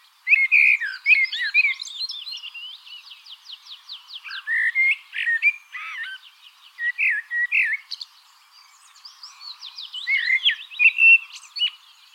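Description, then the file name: Common blackbird song with dense run of fluted notes and rapid high twittering, almost unbroken throughout. "Turdus merula"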